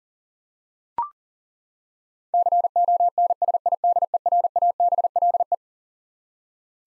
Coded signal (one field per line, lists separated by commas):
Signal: Morse code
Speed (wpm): 40 wpm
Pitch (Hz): 700 Hz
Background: none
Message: CONSIDERABLE